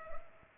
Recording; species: mosquito wingbeat signal from an infrared sensor; Culex pipiens